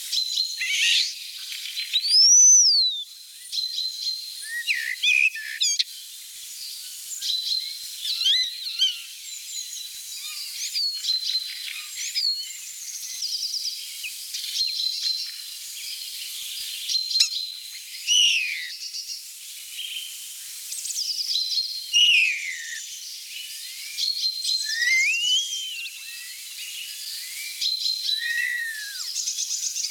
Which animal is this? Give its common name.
European Starling